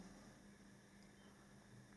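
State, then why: Not seated. A first nano SIM card, contacts up and its cut corner aligned, is handled against the plastic SIM tray of a Huawei P40 (Pro) phone. Only a steady low hum and faint background noise are heard, with no distinct sharp sounds. Nothing has seated or clicked yet.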